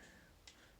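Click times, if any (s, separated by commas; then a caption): 0.5 s. A polymer pistol magazine is pushed into the magazine well of a rifle lower receiver until the catch engages. A single short, sharp click sounds at 0.5 s over a faint steady background hiss. The magazine is seated and everything is fine.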